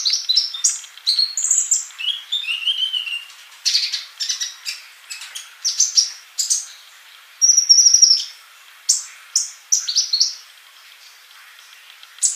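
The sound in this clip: Bird song as a rapid, varied stream of high chirps, trills and whistled slurs, with one long thin whistle midway.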